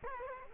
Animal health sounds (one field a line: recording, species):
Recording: mosquito wingbeat signal from an infrared sensor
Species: Culex quinquefasciatus